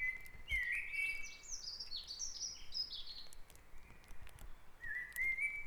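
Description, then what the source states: Birdsong at dawn: a fast, tumbling series of high whistled and trilled notes, followed by a quieter pause and another rising whistle. Dawn chorus on Back Dragon Avenue in Harrogate, part of a sound map of the town.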